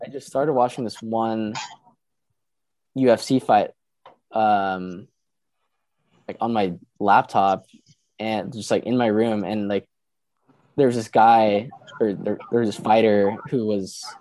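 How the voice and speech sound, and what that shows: A young adult man, a university senior who stutters, talking with repeated words, stretched sounds and long silent blocks between phrases: stuttered speech.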